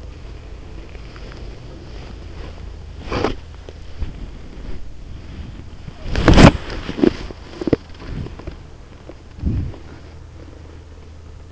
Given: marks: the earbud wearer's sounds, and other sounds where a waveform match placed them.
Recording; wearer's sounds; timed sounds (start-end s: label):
sounds in sleep by an in-ear microphone; body movement
0.00-11.52 s: body movement